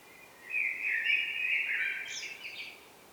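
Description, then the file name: Common blackbird song: a sustained fluty, warbling phrase rising into a high scratchy squeak at the close. "Turdus merula"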